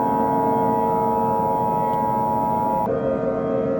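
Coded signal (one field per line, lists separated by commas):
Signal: Emergency Alert System (SAME) tones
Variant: 853 and 960 Hz attention tone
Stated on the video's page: Fictional EAS scenario about an asteroid event, with tones made in EAS Encoder 2.4 software and a Balabolka voice.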